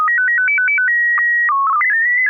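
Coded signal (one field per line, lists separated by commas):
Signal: SSTV (slow-scan television)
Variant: PD 120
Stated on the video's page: SSTV net on a 441.300 MHz FM repeater, Wednesday evenings, sent with MMSSTV software.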